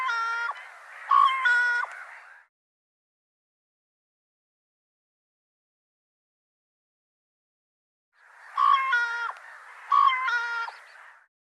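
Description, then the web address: Bird calls, each a short clear note followed by a nasal, harmonic-rich tone, given in a pair, then about six seconds of silence before another pair. "Deverinetal Bird Co Co Co Co"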